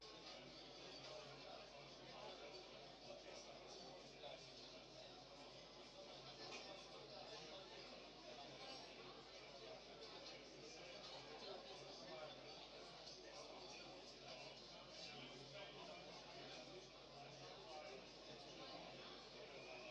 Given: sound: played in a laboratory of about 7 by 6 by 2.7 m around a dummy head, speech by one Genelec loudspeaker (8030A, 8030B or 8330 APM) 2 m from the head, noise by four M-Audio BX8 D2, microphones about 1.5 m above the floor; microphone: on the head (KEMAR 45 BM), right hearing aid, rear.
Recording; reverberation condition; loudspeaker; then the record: cafeteria noise; low; four, about 170 cm from the corners of the room and facing them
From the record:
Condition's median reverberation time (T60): about 310 ms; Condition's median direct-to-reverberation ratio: about 3.5 dB